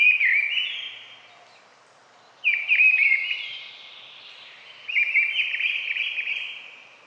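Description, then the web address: Bird song of three drawn-out trilling phrases with falling buzzy notes, each starting sharply and trailing off, a couple of seconds apart. "fagelljud"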